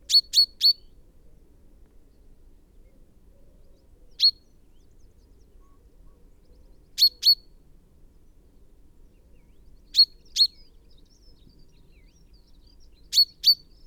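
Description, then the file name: Common chaffinch calling: sharp high notes in irregular clusters of one to three, spread across the stretch, with quiet background. "Fringilla coelebs"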